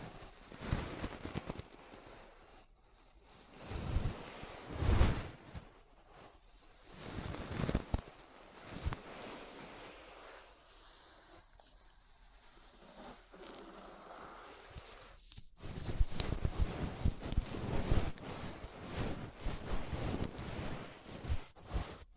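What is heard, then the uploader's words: Ear brushing with soft, scratchy bristle strokes that swell and fade in uneven bursts, the loudest around five seconds. A quieter, sparser stretch follows through the middle, then after a sharp break near fifteen seconds the brushing returns dense and steady to the end. ASMR Relaxing 3Dio Ear Brushing (No Talking).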